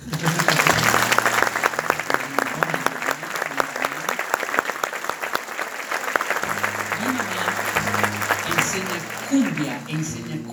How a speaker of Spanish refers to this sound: Aplauso.